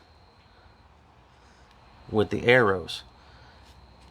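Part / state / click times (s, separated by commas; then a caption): heater hose end into engine coolant coupling / not seated / none. A Ford 2.0L heater hose end is held against the engine coolant coupling while its divot is lined up with the arrows on the coupling before being pushed together. Someone talks briefly from about 2.1 to 2.9 s over a quiet background. Nothing has seated or clicked yet.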